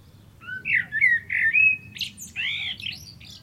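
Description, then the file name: Common blackbird singing a rich, slow, fluty phrase of slurred whistles, then a burst of high, strained, squeaky twitter. "Turdus merula"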